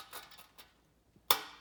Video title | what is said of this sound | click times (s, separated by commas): Home Lab Setup Less Than $1000: Part 2 - Racking The Server | force on it but push them up in and they will eventually snap | 1.3 s